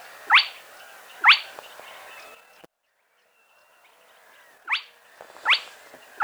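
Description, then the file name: Spotted crake calling abrupt rising notes about once a second, with a pause of about three seconds midway before the series resumes; light background hiss. Played back. "Plettet roervagtel"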